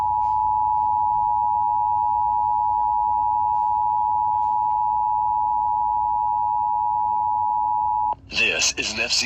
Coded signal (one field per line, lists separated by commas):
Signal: Emergency Alert System (SAME) tones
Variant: 853 and 960 Hz attention tone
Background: speech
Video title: [EAS #3259-#3260] Ventura County Required Monthly Test (5/6/25)